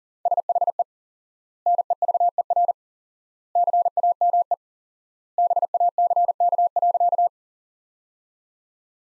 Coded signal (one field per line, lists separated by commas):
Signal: Morse code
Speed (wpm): 37 wpm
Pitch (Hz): 700 Hz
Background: none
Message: SHE NEVER CAME BACK.